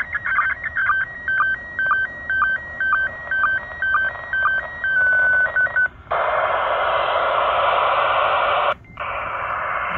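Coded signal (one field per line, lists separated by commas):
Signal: SSTV (slow-scan television)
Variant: PD120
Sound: warbling tone with regular short dips, then a loud rushing hiss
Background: radio static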